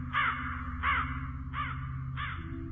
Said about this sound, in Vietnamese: Ở trên bầu trời, bầy quạ cứ bay qua bay lại kêu en ét trong không gian tĩnh mịch, nghe mà sởn da gà.